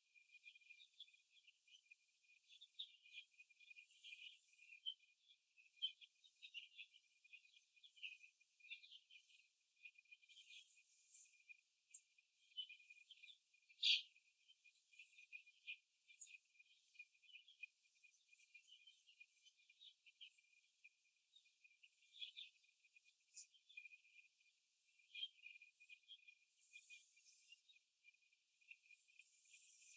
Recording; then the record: young laying hens in a cage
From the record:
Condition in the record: after the stressor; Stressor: simulated dog barking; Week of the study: 2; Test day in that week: 2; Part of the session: 3